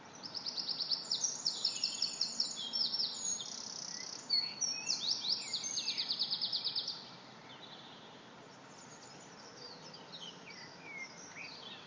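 Wren song: a long, vigorous outpouring of high trills and rapid repeated notes lasting several seconds, followed by quieter background with faint chirps.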